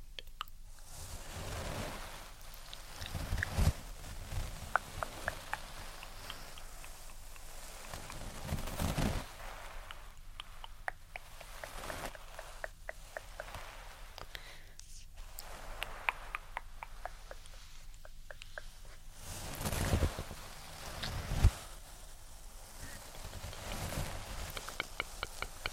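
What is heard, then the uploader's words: Brushing and tongue clicking, with a steady scratchy hiss running throughout. Sharp clicks pop up irregularly, in quick clusters around 1–4, 8–9 and 20–22 seconds, some louder than others, while a faint low hum stays underneath. ASMR ~TINGLY~ Brushing & Tongue Clicking.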